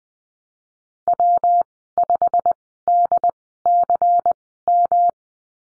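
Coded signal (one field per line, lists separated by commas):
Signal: Morse code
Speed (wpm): 20 wpm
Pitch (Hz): 700 Hz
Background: none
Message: W5DCM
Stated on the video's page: Morse code course lesson at Farnsworth speed 20/10 wpm, letter F in call signs.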